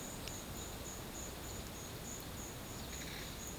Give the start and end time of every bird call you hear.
2.75s-3.34s: bird call (1.6-5.0 kHz)

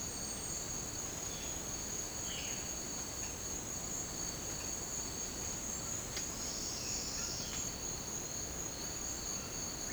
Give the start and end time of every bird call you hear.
6.70s-7.61s: bird call (0.9-3.9 kHz)

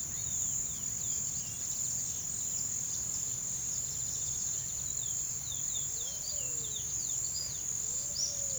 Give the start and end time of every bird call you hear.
0.00s-1.60s: bird call (2.0-4.2 kHz)
3.81s-7.69s: bird call (2.1-6.1 kHz)

